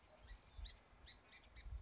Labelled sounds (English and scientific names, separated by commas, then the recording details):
Song Sparrow (Melospiza melodia)
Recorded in Sonoma County, California